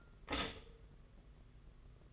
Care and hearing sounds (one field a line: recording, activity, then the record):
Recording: daily activity, microphone in the room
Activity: stop toaster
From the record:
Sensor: 4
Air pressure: 992.4 hPa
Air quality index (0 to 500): 143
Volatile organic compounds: 80 ppm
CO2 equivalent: 3609 ppm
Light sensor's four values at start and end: 18/62/23/24 and 18/62/23/24